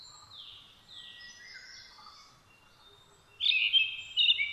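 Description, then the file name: Brown-headed thrush song: faint sliding whistles at first, then a loud rich whistled phrase near the end, with a second burst after it. Recorded 17 June 2009 at 06:48. "akahara-20090617-0648"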